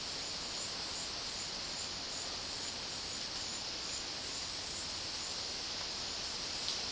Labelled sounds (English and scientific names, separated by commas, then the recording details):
none
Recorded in dense forest near Puerto Asís, Putumayo, Colombia, on 21 February 2024 at 12:00
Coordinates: 0.500, -76.322
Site G6465